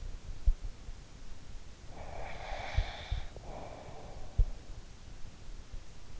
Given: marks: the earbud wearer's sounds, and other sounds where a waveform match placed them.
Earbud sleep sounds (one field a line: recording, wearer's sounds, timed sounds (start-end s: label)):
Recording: sounds in sleep by an in-ear microphone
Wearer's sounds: breath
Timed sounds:
1.78-4.35 s: breath